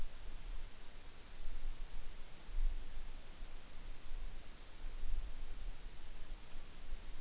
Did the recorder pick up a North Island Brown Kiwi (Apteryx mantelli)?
no